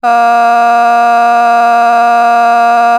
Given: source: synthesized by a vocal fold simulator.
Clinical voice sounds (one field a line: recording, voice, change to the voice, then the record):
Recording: sustained vowel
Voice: female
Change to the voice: a random mix of aspiration noise, stiffness perturbation and strain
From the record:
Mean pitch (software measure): 235 Hz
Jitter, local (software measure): 0.65%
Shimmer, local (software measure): 3.6%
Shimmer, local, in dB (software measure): 0.31 dB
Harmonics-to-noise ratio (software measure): 22.5 dB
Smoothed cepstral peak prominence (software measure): 19.9 dB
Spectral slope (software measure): -18.0 dB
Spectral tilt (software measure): -8.1 dB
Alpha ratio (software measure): -8.4 dB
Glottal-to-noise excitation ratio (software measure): 0.982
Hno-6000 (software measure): 1.9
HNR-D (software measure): 42.5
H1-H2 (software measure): -0.4 dB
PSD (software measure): 3.7e-05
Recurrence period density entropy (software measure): 0.117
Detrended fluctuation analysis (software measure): 0.0107